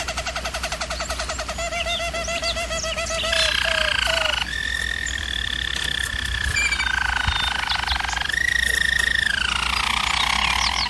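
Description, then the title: German Roller canary delivering rapid pulsed rolls, then smooth sustained tours changing pitch every few seconds, with a falling glide near the end. German Roller canary singing, for canary training. "German Roller Canary Singing - Canary Training Vid"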